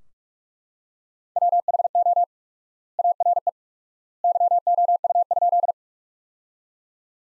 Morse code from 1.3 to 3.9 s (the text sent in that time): WHO ARE